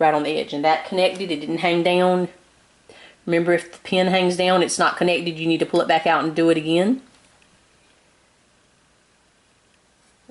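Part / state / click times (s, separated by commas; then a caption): fast frame pin into embroidery frame through beanie fabric / not seated / none. A pin of an embroidery fast frame is pushed up through beanie fabric into the embroidery frame while someone talks for about the first seven seconds, followed by near silence with only faint, brief sounds. The pin is left hanging down: it did not catch or connect, and nothing has seated or clicked, so it must be pulled back out and done again.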